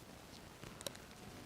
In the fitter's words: Ela faz um clique.